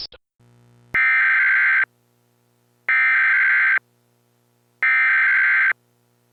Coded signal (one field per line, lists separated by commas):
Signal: Emergency Alert System (SAME) tones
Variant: header bursts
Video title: EAS Scenario 1: NY EAS Test 22/4/98